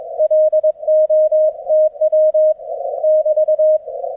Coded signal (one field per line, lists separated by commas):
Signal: Morse code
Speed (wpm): 22 wpm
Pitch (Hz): 620 Hz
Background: none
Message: LO TW <BT>